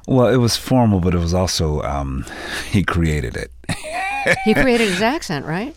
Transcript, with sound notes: Well, it was formal, but it was also - he created it (laughter).
He created his accent, right?